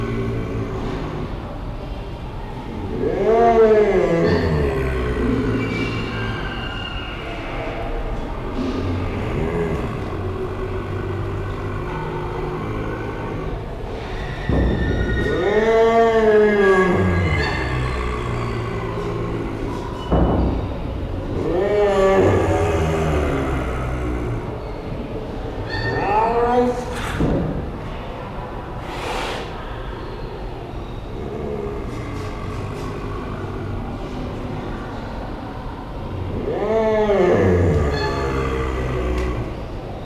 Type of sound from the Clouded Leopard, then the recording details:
growling. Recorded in captivity. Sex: male. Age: adult. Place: Tierpark Berlin, Berlin, DE. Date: 1974-04-01. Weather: sonnig, 16°C. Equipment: Uher 4200 Report Stereo, Sennheiser MD 421, Verstärker. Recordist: Tembrock, Günter